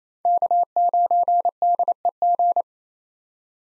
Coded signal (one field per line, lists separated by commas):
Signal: Morse code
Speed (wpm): 28 wpm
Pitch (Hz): 700 Hz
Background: none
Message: K9DEG